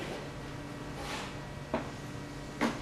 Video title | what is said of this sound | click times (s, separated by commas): Cypress How To Replace an Insulated Glass Unit in a Window | it just snapped right in you | 1.7 s, 2.6 s